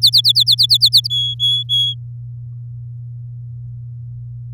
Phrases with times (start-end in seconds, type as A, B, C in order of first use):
0.02-1.07 A, 1.10-1.94 B